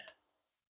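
The thin metal stem of a hoop earring is pressed hard into its catch and clips shut with a single sharp, bright click at 0.1 s. The click fades quickly into near silence. The closure is seated.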